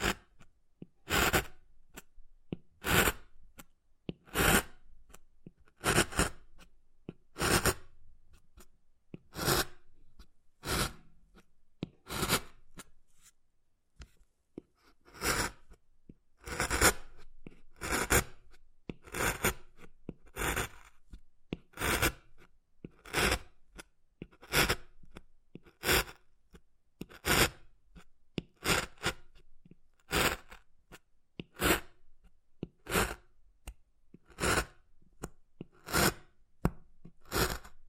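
Wood carving sounds: sharp tapping and scraping strokes on wood, repeating roughly every second for the whole stretch. Each stroke is a bright, full rasp with quiet gaps between, with a brief pause near the fourteen-second mark before the steady rhythm resumes.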